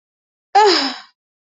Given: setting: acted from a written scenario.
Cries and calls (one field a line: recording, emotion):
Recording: vocal sound without words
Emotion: distress